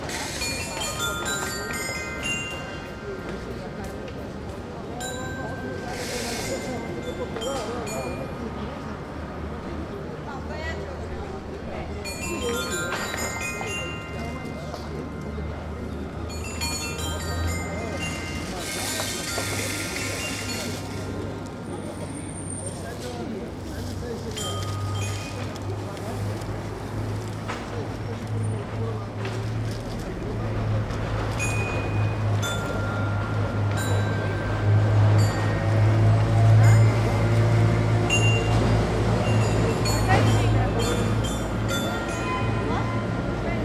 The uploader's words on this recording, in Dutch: Kids playing on the Dance Chimes in front the ice-cream parlor Florencia in Den Haag. Kinderen spelen op de Muziek Tegels voor ijssalon Florencia in Den Haag.